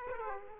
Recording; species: mosquito wingbeat signal from an infrared sensor; Aedes aegypti